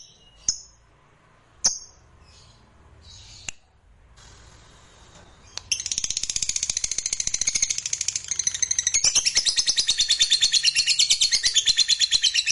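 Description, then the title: Lovebird song: a few sharp isolated chirps, then a sudden long, rapid, buzzy high chatter that runs on without pause. Fighter-type lovebird singing energetically, described as gacor. "SUARA Lovebird FIGHTER GACOR"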